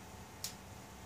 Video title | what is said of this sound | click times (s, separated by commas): Rebuild the twist throttle on an Evinrude 6 HP Twin. Fast and Easy. | much better I believe it's going to snap in here | 0.4 s